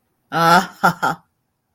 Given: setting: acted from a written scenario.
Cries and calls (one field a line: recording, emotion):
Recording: vocal sound without words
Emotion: amusement